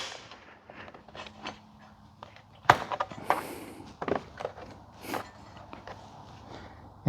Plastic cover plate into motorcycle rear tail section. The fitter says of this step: you'll start hearing it click into place.